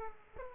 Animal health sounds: mosquito wingbeat signal from an infrared sensor; Aedes aegypti

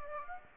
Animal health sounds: mosquito wingbeat signal from an infrared sensor; Aedes aegypti

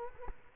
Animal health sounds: mosquito wingbeat signal from an infrared sensor; Culex quinquefasciatus

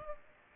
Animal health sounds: mosquito wingbeat signal from an infrared sensor; Aedes aegypti

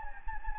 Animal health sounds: mosquito wingbeat signal from an infrared sensor; Anopheles gambiae

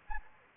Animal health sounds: mosquito wingbeat signal from an infrared sensor; Anopheles gambiae

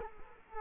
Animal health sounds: mosquito wingbeat signal from an infrared sensor; Culex quinquefasciatus

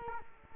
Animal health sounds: mosquito wingbeat signal from an infrared sensor; Culex quinquefasciatus

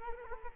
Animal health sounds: mosquito wingbeat signal from an infrared sensor; Culex quinquefasciatus

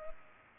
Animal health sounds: mosquito wingbeat signal from an infrared sensor; Culex pipiens

